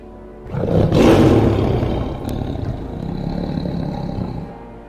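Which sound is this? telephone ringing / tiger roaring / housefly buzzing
tiger roaring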